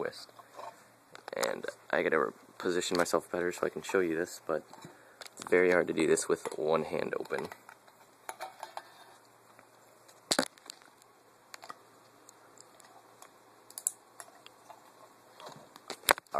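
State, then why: Released. Someone talks, then the plastic disc clamp assembly inside the DVD drive of an opened Xbox 360 is twisted one-handed amid faint handling noise. Sharp clicks sound at 10.3 s, 13.9 s and 16.1 s as the clamp twists free and comes apart into a magnet ring and a metal part.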